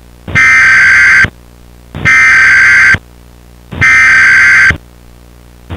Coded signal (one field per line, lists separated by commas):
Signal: Emergency Alert System (SAME) tones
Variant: header bursts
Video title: FALL • AN EAS SCENARIO